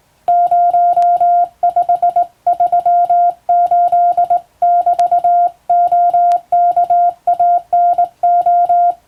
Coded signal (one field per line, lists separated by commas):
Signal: Morse code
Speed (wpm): 20 wpm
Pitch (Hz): 700 Hz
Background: music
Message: 0538<BT>OKANO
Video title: 今でも国家試験がある驚きのモールス符号！トン（短点）とツー（長音）で言葉を表します！昔懐かしいモールス信号を打ってみました！暗号を使うようでカッコいいかな？ morse code practice